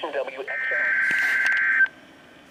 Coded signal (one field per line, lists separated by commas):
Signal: Emergency Alert System (SAME) tones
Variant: header bursts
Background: speech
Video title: All Alerts on NOAA Weather Radio for May 6th, 2022. (EAS # 34-37)